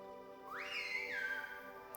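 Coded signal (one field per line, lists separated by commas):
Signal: whistled language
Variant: Silbo Gomero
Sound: one whistled word: a rising glide, a high hold, then two falling steps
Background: faint electrical hum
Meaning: Whistled Spanish word for whale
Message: ballena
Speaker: Por ejemplo, la palabra ballena. Silva ballena.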